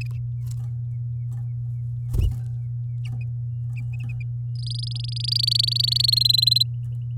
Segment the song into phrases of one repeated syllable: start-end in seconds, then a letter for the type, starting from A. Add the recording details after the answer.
4.55-6.02 A, 6.04-6.63 B. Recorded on 10 May 2018 at 10:46. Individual llb16